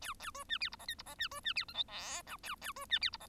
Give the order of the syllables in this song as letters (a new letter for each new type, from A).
A A B C D E F G E F C B C D H I J K A A B C D E F